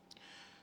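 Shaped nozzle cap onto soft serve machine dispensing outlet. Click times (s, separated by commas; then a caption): 0.1 s. A shaped plastic nozzle cap, a fiddly fit, is pushed onto the dispensing outlet of a Polar U-Series Compact Soft Serve Ice Cream Machine. A sharp click is heard at 0.1 s, followed by a softer tick and quiet background hiss. The cap is seated on the outlet and the machine is ready to go.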